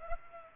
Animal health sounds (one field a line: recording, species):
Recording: mosquito wingbeat signal from an infrared sensor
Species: Aedes aegypti